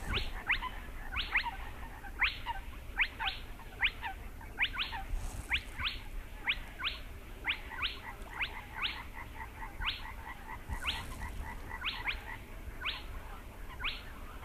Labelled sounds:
Spotted Crake

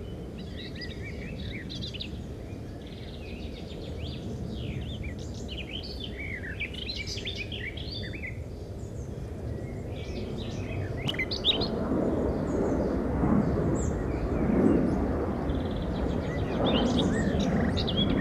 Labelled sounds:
Garden Warbler song

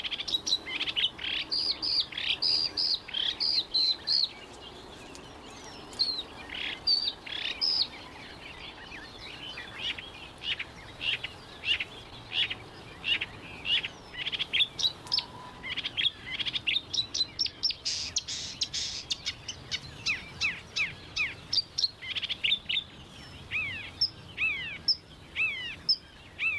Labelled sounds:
Marsh Warbler song

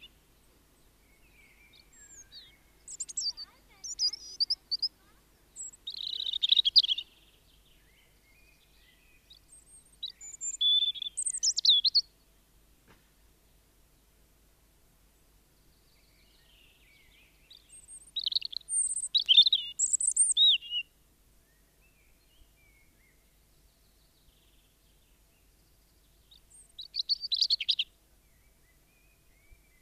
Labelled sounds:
European Robin song

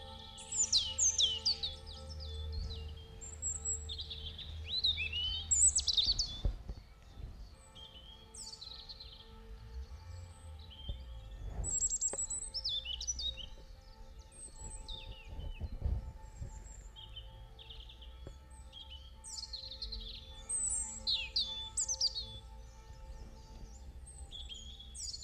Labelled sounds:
Eurasian Blackcap song

